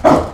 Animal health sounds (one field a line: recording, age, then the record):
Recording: pig call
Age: growing-finishing pig (85 days or more)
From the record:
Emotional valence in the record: positive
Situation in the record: run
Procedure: transit